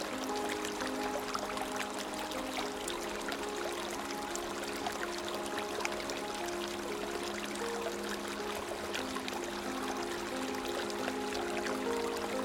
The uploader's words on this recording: MUSIC with WATER FLOWING in a CREEK. Relax with the sound of water flowing in a stream accompanied by soft music to fall asleep quietly and without stress.